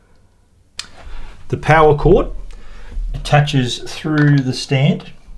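The magnetic power cord connector of a 2021 M1 iMac all-in-one desktop computer is routed through the stand toward the back of the computer while someone talks. Quiet tick-like handling sounds are heard, and nothing has seated or clicked into place yet.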